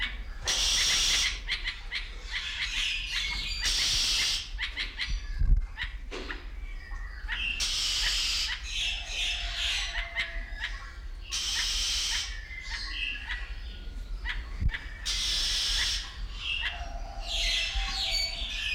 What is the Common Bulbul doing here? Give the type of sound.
call